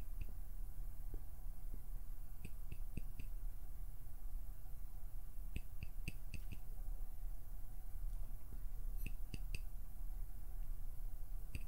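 Quiet plucking and pinching sounds: soft sharp clicks and snaps come in small clusters, around 2–3 seconds, 5.5–6.5 seconds and 9–9.5 seconds. A steady low hiss and faint hum sit underneath, and no voice is heard.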